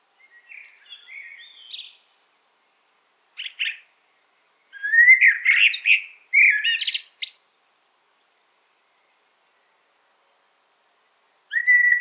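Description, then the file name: Common blackbird song: soft, quiet notes at first, then a louder warbled phrase with a twittering end, and another phrase beginning at the close. "Turdus merula"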